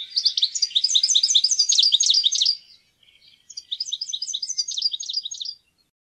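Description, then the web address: European goldfinch delivering two bursts of fast, jangling twittering notes, each lasting two to three seconds, with a short quiet gap between them. "fuglelyder- stilits"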